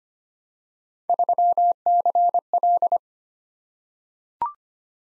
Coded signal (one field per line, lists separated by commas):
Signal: Morse code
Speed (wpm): 25 wpm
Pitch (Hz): 700 Hz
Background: none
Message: 3CL